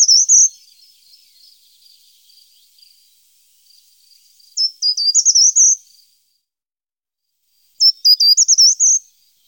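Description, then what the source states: Short-toed treecreeper song: the tail of one phrase, then two very high phrases of quick thin notes ending in a little flourish, separated by a pause, with a faint thin trill between. Recorded in Germany, Austria or Switzerland.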